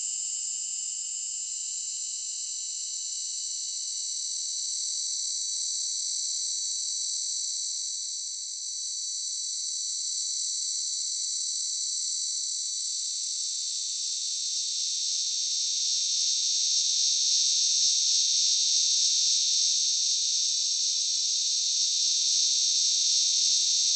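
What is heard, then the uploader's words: Cicadas drone in a steady, dense high buzz that swells slightly louder after about fifteen seconds, with faint soft ticks underneath. Cicada.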